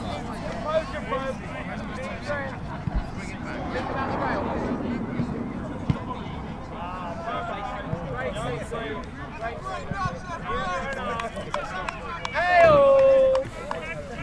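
Crowd sounds at a rugby match at Folkestone: many voices talk and call over one another in a steady babble, with a low rumble underneath. Shouts rise now and then, and near the end a sharp, loud whistle-like call sweeps downward briefly.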